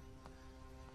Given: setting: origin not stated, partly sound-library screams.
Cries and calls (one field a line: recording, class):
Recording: one-second piece from a danger detection set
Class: normal situation